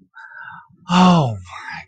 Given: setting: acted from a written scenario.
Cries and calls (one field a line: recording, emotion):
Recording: vocal sound without words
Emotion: relief